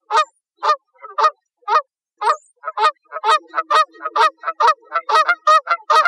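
Canada goose honks, spaced about half a second apart at first, then quickening into a rapid run of nasal calls.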